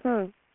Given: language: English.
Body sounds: throat vibration sensor signal played as sound; speech

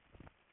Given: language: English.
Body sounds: throat vibration sensor signal played as sound; swallow

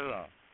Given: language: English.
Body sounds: throat vibration sensor signal played as sound; speech

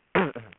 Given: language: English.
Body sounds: throat vibration sensor signal played as sound; throat clearing

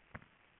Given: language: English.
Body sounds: throat vibration sensor signal played as sound; swallow

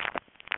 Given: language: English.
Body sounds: throat vibration sensor signal played as sound; swallow

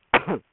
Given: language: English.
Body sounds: throat vibration sensor signal played as sound; cough

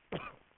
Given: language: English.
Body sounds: throat vibration sensor signal played as sound; cough

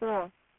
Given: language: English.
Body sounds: throat vibration sensor signal played as sound; speech

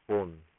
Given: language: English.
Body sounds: throat vibration sensor signal played as sound; speech

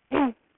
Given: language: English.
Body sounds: throat vibration sensor signal played as sound; throat clearing

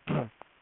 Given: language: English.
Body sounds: throat vibration sensor signal played as sound; throat clearing

